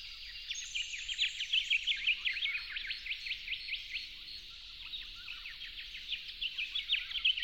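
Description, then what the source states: Yellow-faced honeyeater song: dense, overlapping bright chirps and quick downslurred notes, loud in bursts. Recorded at dawn on 08/01/12.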